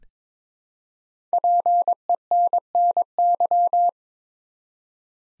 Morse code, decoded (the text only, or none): PENNY